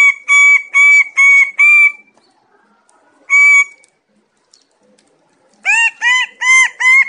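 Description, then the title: Bird-of-paradise giving loud, nasal, honking notes in bursts: four quick notes, a lone note, then another run of four or five. Master song used for training songbirds. "Kicau Master Cendrawasih"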